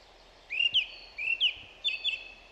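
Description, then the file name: Song thrush song: a clear slurred two-note phrase sung three times in a row, with low background noise. "Zanglijster Turdus philomelos"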